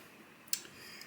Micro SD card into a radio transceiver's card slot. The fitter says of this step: press it with your finger until it clicks.